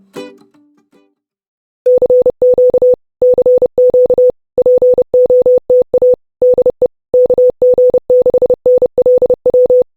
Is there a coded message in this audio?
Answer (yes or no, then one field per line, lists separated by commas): yes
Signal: Morse code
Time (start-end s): 1.9-9.8 s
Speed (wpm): 30 wpm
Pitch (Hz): 500 Hz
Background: music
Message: CQ CQ POTA DE KG6NLW